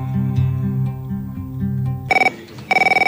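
A telephone rings in two short trilling bursts, a bright warbling tone with a rapid pulsing rhythm, following a few seconds of low, sustained music-like tones.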